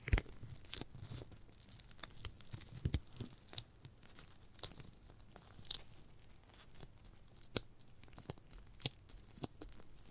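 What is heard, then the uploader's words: Sticky, crackly bites and tearing of a giant gummy bear, sharp clicks and snaps every second or so over a faint low hum. ASMR of a Giant Gummy Bear (No Talking).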